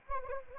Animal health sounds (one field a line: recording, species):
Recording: mosquito wingbeat signal from an infrared sensor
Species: Anopheles arabiensis